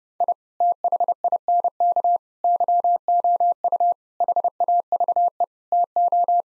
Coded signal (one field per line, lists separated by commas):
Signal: Morse code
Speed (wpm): 32 wpm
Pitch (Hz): 700 Hz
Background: none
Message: I THINK YOU HAVE TO